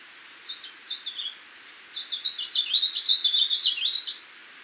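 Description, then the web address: Brown-capped vireo singing: a few short high notes, a pause, then a longer rapid warbled phrase of jumbled rising and falling notes. Ecuador. "Birds of Ecuador. Brown-capped Vireo"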